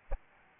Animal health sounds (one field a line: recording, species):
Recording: mosquito wingbeat signal from an infrared sensor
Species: Aedes albopictus